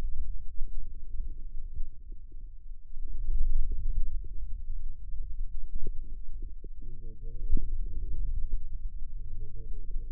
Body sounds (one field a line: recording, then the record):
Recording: forearm muscle sounds (acoustic myography)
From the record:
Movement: wrist flexion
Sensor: system 2, bracelet of six BSWA MPA416 microphones around the upper forearm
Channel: 5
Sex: male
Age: 22 years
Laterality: right